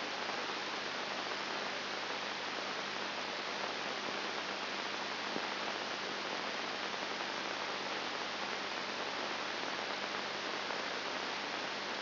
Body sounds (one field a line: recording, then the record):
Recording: brain microelectrode recording played as sound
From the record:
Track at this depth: inside the subthalamic nucleus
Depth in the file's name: 0.707 mm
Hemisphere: left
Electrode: 2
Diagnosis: Parkinson's disease